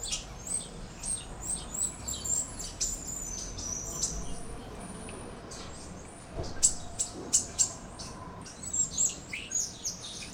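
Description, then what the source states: Birds chirping, a steady series of sharp high chirps, then louder repeated chirps in the second half. Birds chirping on a tree.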